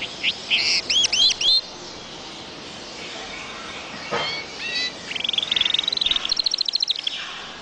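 Bird singing looping high whistles, a pause with a few soft notes, then a rapid trill that shifts to higher repeated notes.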